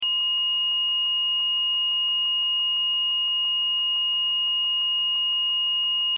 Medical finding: Ekg flatline.